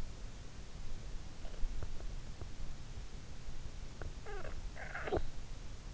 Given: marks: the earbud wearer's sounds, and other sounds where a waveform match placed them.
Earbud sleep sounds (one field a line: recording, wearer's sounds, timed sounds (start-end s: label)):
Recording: sounds in sleep by an in-ear microphone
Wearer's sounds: snoring breath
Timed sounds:
3.91-5.71 s: snoring breath